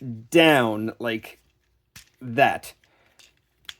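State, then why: Seated. Someone talks while pushing the plastic leg of a transforming Transformers Studio Series '86 robot toy down on its double hinge into the body, which takes a little effort. After a couple of faint ticks, a sharp click at 3.7 s marks the leg snapping into its locked position.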